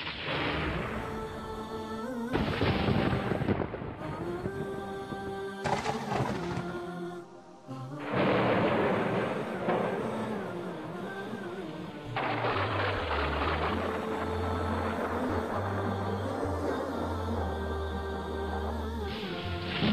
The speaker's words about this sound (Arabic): ما رأيناه هو العاصفة الرعدية، ورأينا أيضا البرق الشريطي، ورأينا كيف يضرب هذا البرق.